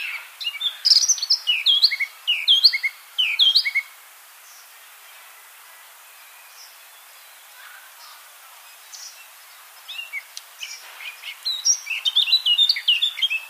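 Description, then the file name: Eurasian blackcap song: a rich burst of rapid warbling notes, then a long quiet gap, then a second warbled phrase with clear whistles. "Sylvia atricapilla"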